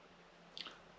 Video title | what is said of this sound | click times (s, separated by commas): How to Fix a Fishing Rod Eyelet (the Right Way) | Y'all hear that snap? | 0.6 s